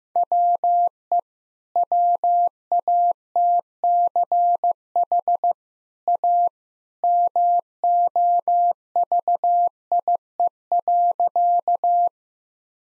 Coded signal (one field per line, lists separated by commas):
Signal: Morse code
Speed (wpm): 14 wpm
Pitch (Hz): 700 Hz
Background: none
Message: WE WATCH A MOVIE.